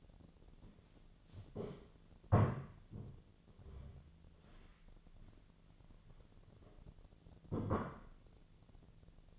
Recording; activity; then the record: daily activity, microphone in the room; stand up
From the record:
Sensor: 4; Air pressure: 1008.9 hPa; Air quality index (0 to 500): 170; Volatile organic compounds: 5 ppm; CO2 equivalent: 1710 ppm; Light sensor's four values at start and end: 23/73/28/27 and 23/73/28/27